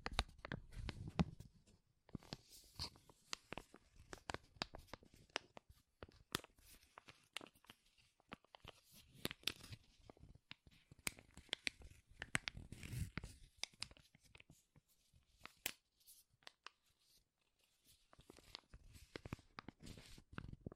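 Powerful crinkles crackle in dense, irregular bursts, sharp snaps scattered through the whole clip with brief quieter gaps. Louder clusters swell around the first second and again near twelve to thirteen seconds, adding a low rustling rumble beneath the bright, papery tearing.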